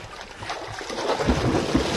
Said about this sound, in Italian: ci siamo tuffati, stiamo anche facendo due bracciate e anche l'acqua